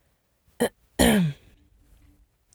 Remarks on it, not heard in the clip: My Tourette's is subclinical. But for the record, my vocal tic sounds like this. My tic feels best in two parts, and I have to do both of them.